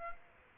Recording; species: mosquito wingbeat signal from an infrared sensor; Aedes aegypti